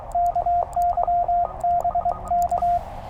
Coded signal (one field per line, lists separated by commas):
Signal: Morse code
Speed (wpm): 23 wpm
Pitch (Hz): 700 Hz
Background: radio noise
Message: KY BK